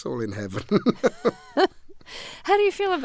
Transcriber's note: soundbite of laughter